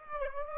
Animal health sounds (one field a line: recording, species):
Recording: mosquito wingbeat signal from an infrared sensor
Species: Aedes aegypti